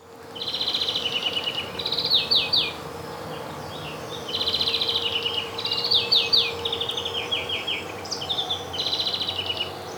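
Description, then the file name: European greenfinch calls as rapid twittering trills in short phrases, pausing between bursts, with faint steady background noise. "Chloris chloris"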